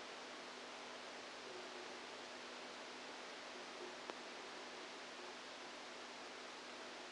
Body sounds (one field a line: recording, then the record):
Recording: brain microelectrode recording played as sound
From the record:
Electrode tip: outside the subthalamic nucleus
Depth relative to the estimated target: -10 mm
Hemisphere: right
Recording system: NeuroSet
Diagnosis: Parkinson's disease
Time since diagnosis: 7 years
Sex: female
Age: 68 years